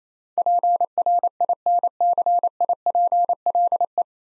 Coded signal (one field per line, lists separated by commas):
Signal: Morse code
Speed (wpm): 27 wpm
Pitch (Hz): 700 Hz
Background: none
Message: PRINCIPLE